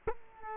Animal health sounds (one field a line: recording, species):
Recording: mosquito wingbeat signal from an infrared sensor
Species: Culex quinquefasciatus